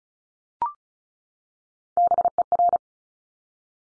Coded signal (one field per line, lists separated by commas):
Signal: Morse code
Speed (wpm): 36 wpm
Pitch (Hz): 700 Hz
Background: none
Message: BER